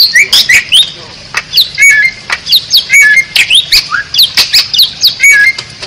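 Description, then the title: Bali myna song, a busy mix of harsh squawks, sharp chirps and short rising and falling whistles coming in rapid, uneven bursts. Training recording (masteran) used to teach other songbirds for competition, featuring an unusual-sounding song. "Masteran Jalak Bali Yang BERSUARA UNIK Untuk Gacoran Juara"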